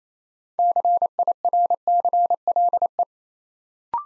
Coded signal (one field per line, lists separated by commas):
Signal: Morse code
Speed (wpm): 27 wpm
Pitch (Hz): 700 Hz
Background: none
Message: CIRCLE